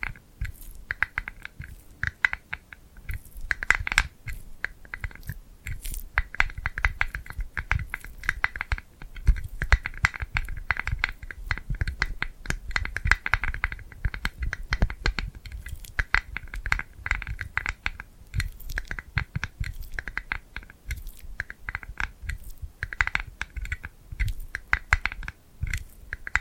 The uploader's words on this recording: ASMR Tingly Glued Hand Sounds for Sleep (No Talking).